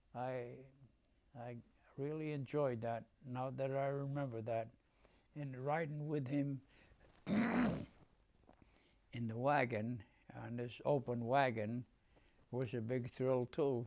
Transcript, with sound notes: I — I really enjoyed that, now that I remember that, and riding with him [clears throat] in the wagon, on this open wagon was a big thrill, too.